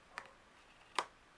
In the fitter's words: you hear how it snaps clothes so it's it's a nice magnet that keeps all your pictures nice and safe